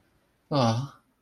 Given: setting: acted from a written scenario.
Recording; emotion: vocal sound without words; sympathy